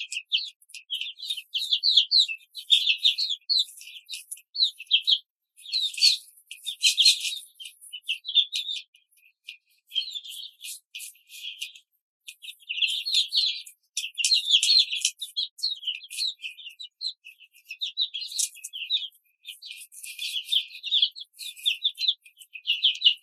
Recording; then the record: young laying hens in a cage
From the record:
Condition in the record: control cage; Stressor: none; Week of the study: 5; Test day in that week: 1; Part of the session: 3